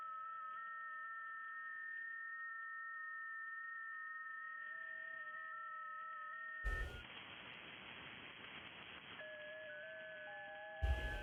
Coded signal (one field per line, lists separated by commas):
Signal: FT8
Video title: Ham Radio K1GMM Live Stream Testing the New 160 Meter Inverted L (Zombie)